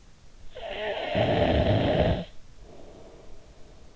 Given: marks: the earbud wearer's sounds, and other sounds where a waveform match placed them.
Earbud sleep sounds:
sounds in sleep by an in-ear microphone; snoring breath
0.24-3.91 s: snoring breath

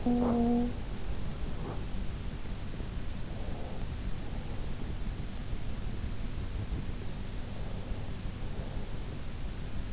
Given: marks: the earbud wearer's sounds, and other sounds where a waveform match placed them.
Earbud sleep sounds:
sounds in sleep by an in-ear microphone; talking in sleep
0.00-0.79 s: talking in sleep

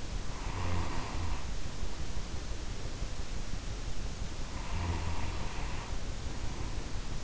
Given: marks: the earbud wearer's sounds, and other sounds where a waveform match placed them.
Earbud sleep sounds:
sounds in sleep by an in-ear microphone; breath
0.00-2.68 s: breath
4.23-7.21 s: breath

